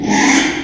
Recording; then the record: squeal of a Yucatan mini pig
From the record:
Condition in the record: after surgery on the right vocal fold (resection and tissue-engineered implant); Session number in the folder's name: 3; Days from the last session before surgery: 33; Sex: male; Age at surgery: 12 weeks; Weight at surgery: 13 kg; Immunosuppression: cyclosporine, prednisolone